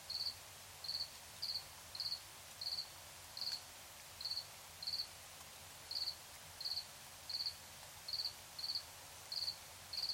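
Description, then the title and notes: Cricket song, series of short high chirps about one and a half per second, with soft background hiss. Crickets at night in Tiny, Ontario. "Crickets and coyotes. Recorded in Tiny, Ontario by Anton Pickard"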